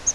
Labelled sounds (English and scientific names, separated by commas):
Yellow-rumped Warbler (Setophaga coronata) flight call